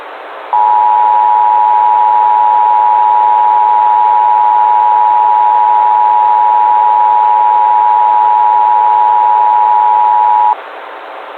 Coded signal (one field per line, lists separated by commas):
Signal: Emergency Alert System (SAME) tones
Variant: 853 and 960 Hz attention tone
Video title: EAS Scenario/Analog & Digital Horror - White Dwarf Sun